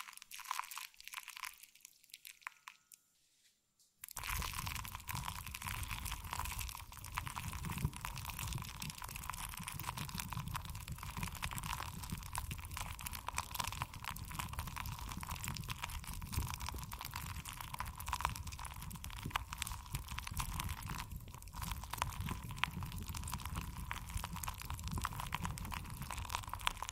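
Jelly sounds start after about four seconds of near silence with only faint soft movement. Then a dense, steady squelching texture takes over, heavy in the low end and full of tiny crackles and wet pops, with a constant thin hum underneath until the end.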